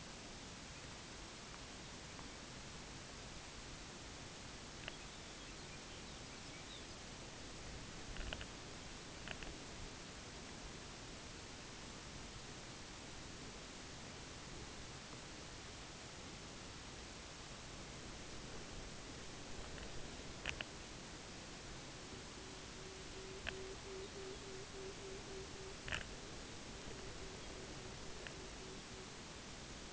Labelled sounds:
unidentified sound
Pectoral Sandpiper
Lapland Longspur
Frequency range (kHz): Lapland Longspur 2.8-4.5 kHz
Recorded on Arctic tundra, site UTQI-5, on 14 June 2019
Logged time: 14:00

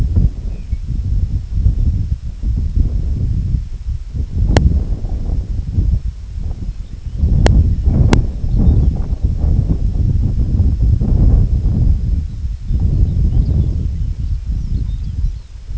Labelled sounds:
unidentified sound
Lapland Longspur
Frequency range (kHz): Lapland Longspur 1.8-6.2 kHz
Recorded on Arctic tundra, site IGLO-D, on 25 June 2018
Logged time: 06:00

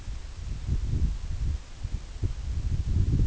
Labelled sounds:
none
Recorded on Arctic tundra, site EABA-1, on 24 June 2018
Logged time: 10:00

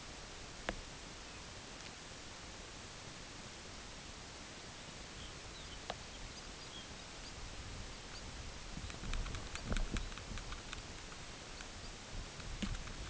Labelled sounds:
unidentified sound
Red Phalarope
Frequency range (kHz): Red Phalarope 3.1-5.3 kHz
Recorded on Arctic tundra, site UTQI-8, on 10 June 2019
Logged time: 14:00

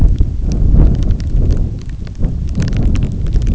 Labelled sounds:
none
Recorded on Arctic tundra, site NAIT-1, on 27 June 2019
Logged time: 00:00

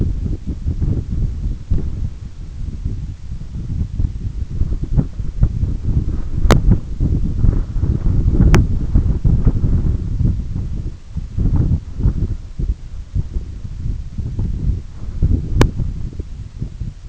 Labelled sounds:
none
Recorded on Arctic tundra, site EABA-1, on 20 June 2018
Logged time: 18:00

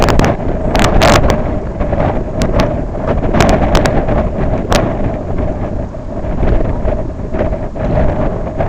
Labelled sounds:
none
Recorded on Arctic tundra, site IGLO-B, on 25 June 2018
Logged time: 19:59

